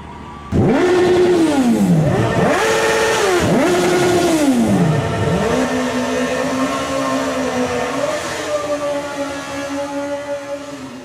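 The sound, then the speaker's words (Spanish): A motorcycle engine revs hard four times, each rev climbing and dropping in pitch, then settles into a steady, lower idle rumble. Loud, with no voices. “Gracias a nosotros, a los chicos malos de las motos negras y las remeras con pintitas alusivas.”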